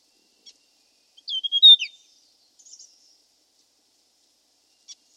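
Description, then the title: Hill prinia giving one short burst of high, twisting chirps and a downward-slurred note, with quiet faint ticks before and after, no other sounds. "prenjk gnung. Suara burung prenjak gunung"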